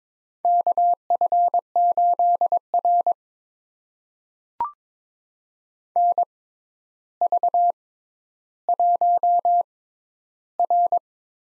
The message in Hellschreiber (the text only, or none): none